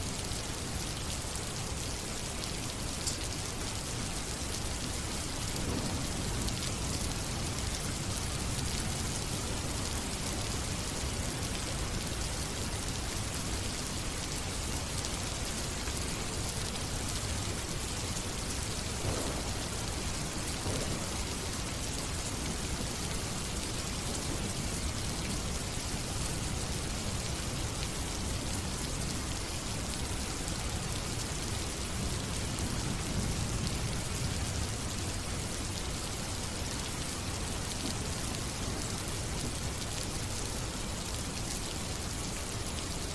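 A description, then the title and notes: Steady, dense rain hisses evenly for the whole clip, a bright patter with no let-up. Soft, low rumbles of thunder roll underneath now and then, around the start, the middle and near the end, never rising above the rain. Gentle Rain and Thunderstorm. Distantthunder.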